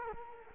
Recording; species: mosquito wingbeat signal from an infrared sensor; Culex quinquefasciatus